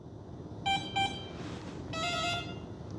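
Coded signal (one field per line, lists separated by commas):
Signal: beep code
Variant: RC aircraft ESC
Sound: two short buzzy electronic beeps, then a longer multi-tone beep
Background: background hiss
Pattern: 2 short, 1 long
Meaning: The ESC confirms the throttle stick-down (low) position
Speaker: Yep. Stick down. Waiting for 2 beeps.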